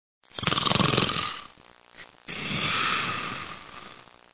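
A single loud snore from an adult: a rough, fluttering inward breath lasting about a second, a brief pause, then a long breathy outward rush of air. The rattling vibration on the in-breath is typical snoring from soft tissue in the throat.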